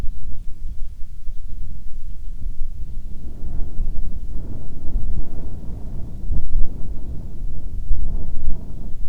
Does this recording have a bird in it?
no